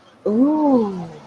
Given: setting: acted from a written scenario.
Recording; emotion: vocal sound without words; awe